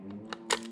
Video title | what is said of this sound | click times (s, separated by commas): How to Reverse the Controls on a Gopro Karma Drone Controller | you just push it in here a little click and like kind of pry forward | 0.3 s